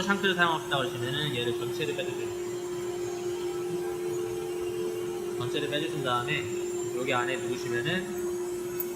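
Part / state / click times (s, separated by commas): collet insert in a CNC router spindle / released / 8.8 s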